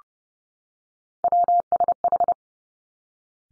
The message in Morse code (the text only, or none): WSH